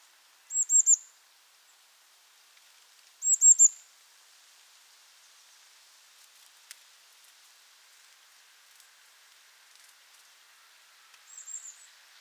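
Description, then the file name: Eurasian blue tit giving very high, thin calls in quick triplets, heard twice in the first four seconds and once more, fainter, near the end, with near silence between. "Cyanistes caeruleus"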